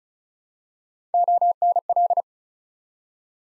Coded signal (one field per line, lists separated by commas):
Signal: Morse code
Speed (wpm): 36 wpm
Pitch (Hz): 700 Hz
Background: none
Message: ONL